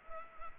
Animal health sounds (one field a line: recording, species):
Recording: mosquito wingbeat signal from an infrared sensor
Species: Culex pipiens